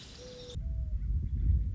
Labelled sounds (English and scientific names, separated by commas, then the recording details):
Mourning Dove (Zenaida macroura)
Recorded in Sonoma County, California